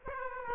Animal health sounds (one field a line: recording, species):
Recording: mosquito wingbeat signal from an infrared sensor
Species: Aedes aegypti